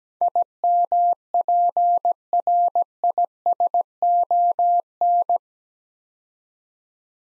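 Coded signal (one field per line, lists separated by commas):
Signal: Morse code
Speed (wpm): 17 wpm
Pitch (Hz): 700 Hz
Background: none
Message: IMPRISON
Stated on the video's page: Computer-generated Morse practice for beginners moving to words, copying 8-letter words three letters at a time at 17 wpm, building instant character recognition.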